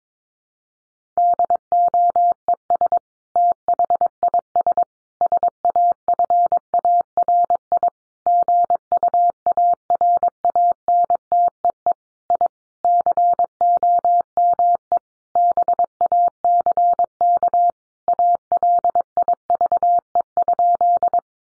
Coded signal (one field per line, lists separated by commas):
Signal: Morse code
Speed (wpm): 22 wpm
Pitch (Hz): 700 Hz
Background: none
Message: DOES THIS SAFARI GUARANTEE I COME BACK ALIVE?